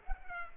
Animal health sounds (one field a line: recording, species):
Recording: mosquito wingbeat signal from an infrared sensor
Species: Culex pipiens